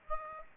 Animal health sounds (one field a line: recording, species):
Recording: mosquito wingbeat signal from an infrared sensor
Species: Aedes aegypti